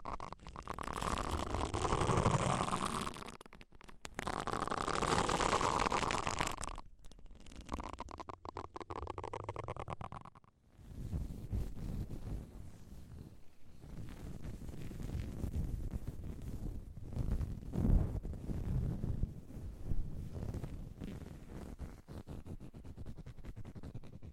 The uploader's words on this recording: ASMR Deep Ear Cleaning - Intense Ear Relaxation (No Talking).